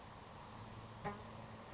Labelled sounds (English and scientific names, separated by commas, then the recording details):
Savannah Sparrow (Passerculus sandwichensis)
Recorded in Sonoma County, California